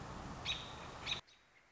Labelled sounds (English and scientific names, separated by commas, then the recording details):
American Robin (Turdus migratorius)
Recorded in Sonoma County, California